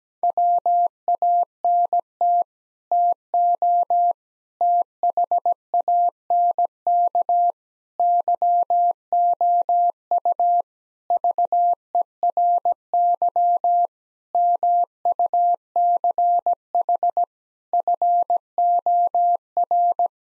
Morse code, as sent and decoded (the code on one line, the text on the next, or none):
.-- .- -. - / - --- / - .... .- -. -.- / -.-- --- ..- / ...- . .-. -.-- / -- ..- -.-. .... / ..-. --- .-.
WANT TO THANK YOU VERY MUCH FOR